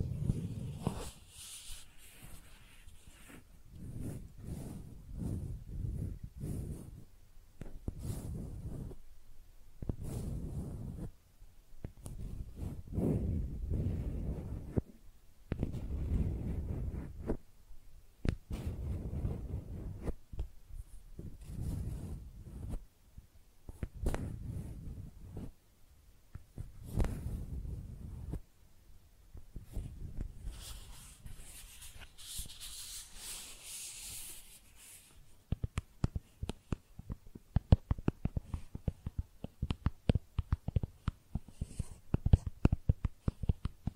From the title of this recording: Makeup Tapping & Scratching Sounds